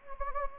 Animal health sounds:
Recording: mosquito wingbeat signal from an infrared sensor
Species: Anopheles gambiae

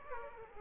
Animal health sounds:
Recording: mosquito wingbeat signal from an infrared sensor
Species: Aedes aegypti

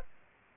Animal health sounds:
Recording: mosquito wingbeat signal from an infrared sensor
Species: Culex pipiens

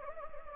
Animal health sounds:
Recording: mosquito wingbeat signal from an infrared sensor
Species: Anopheles gambiae

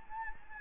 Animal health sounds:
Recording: mosquito wingbeat signal from an infrared sensor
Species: Anopheles gambiae

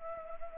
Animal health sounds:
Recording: mosquito wingbeat signal from an infrared sensor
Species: Anopheles gambiae

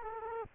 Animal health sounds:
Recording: mosquito wingbeat signal from an infrared sensor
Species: Culex quinquefasciatus

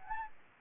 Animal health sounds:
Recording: mosquito wingbeat signal from an infrared sensor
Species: Anopheles gambiae

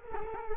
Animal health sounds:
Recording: mosquito wingbeat signal from an infrared sensor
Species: Culex quinquefasciatus

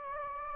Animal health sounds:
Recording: mosquito wingbeat signal from an infrared sensor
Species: Anopheles gambiae

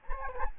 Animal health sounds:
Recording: mosquito wingbeat signal from an infrared sensor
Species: Anopheles gambiae

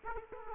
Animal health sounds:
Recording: mosquito wingbeat signal from an infrared sensor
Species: Aedes aegypti

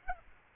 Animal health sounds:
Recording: mosquito wingbeat signal from an infrared sensor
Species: Aedes aegypti

